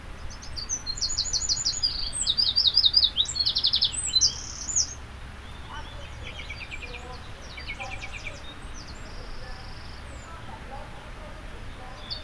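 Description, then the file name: Eurasian wren singing a loud burst of high, fast trills and rattles for about four seconds, then quieter scattered high notes and trills over a steady low hiss. "Troglodytes troglodytes"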